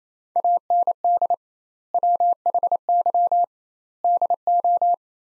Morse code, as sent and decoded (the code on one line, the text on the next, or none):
.- -. -.. / .-- .... -.-- / -.. ---
AND WHY DO